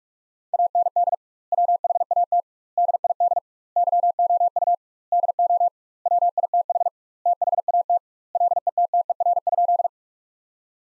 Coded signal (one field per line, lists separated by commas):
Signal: Morse code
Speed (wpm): 46 wpm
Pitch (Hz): 700 Hz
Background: none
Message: AND WHAT DID YOU DO WITH THAT LETTER?